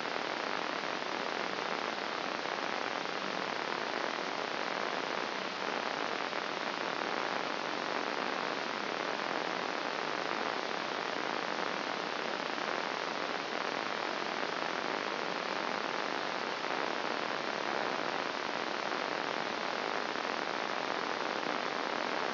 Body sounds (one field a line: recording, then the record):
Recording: brain microelectrode recording played as sound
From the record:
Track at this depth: outside the subthalamic nucleus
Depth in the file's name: 0.743 mm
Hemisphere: left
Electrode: 2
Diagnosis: Parkinson's disease